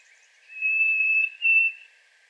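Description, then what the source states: Harris's sparrow song: a long, pure, steady whistled note followed by a second shorter whistle on nearly the same pitch, over a soft hiss. Singing in a yard.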